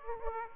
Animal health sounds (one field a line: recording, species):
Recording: mosquito wingbeat signal from an infrared sensor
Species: Aedes aegypti